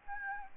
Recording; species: mosquito wingbeat signal from an infrared sensor; Aedes albopictus